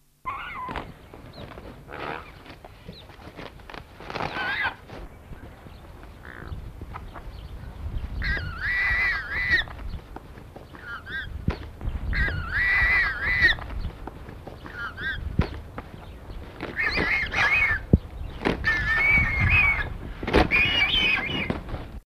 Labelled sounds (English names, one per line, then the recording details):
Cinereous Vulture call
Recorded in captivity
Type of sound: call
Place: Vogelpark Bad Schwartau, Schleswig-Holstein, DE
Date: 1982-06-18
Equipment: Halbspur, 9,5 cm/s
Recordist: Lütgens, Hans
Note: Ruft bei Kopulaversuch auf dem Arm des Tierpflegers